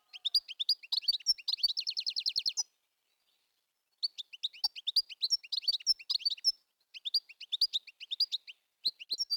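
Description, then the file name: European goldfinch singing: a rapid run of repeated notes, then a pause, followed by several bursts of bright, jumbled twittering notes. "tengelic"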